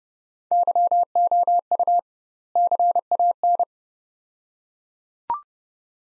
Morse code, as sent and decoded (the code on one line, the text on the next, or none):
-.-- --- ..- / -.-. .- -.
YOU CAN